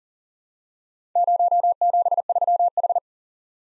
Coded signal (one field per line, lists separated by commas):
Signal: Morse code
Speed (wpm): 40 wpm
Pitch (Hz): 700 Hz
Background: none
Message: 073H